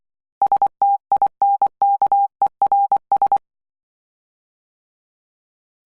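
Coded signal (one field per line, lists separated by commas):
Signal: Morse code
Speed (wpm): 23 wpm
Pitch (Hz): 800 Hz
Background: none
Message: STINKERS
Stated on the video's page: Morse code practice drill on letters D, K, G, O, H.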